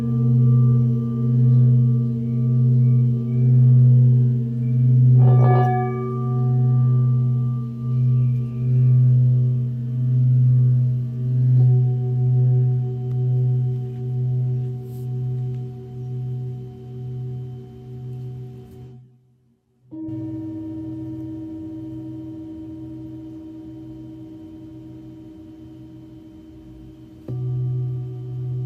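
A singing bowl rings with a deep, pulsing hum that wavers steadily while higher tones hang above it. The ringing fades through the first twenty seconds, cuts to near silence around nineteen seconds, then a new bowl tone sounds and another swells in near the end.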